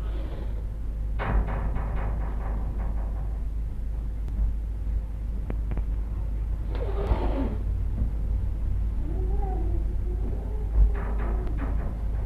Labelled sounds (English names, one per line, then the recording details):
Clouded Leopard
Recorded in captivity
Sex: diverse
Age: adult
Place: Tierpark Berlin, Berlin, DE
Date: 1960-12-28 14:00
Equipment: Minifon, Kopie Smaragd
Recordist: Tembrock, Günter